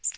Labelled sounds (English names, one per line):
Magnolia Warbler flight call